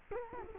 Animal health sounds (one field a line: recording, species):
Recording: mosquito wingbeat signal from an infrared sensor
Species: Culex quinquefasciatus